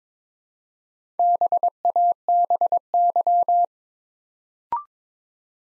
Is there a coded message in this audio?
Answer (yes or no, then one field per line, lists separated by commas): yes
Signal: Morse code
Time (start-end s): 1.2-3.6 s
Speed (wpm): 22 wpm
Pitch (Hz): 700 Hz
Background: none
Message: BABY